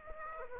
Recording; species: mosquito wingbeat signal from an infrared sensor; Aedes aegypti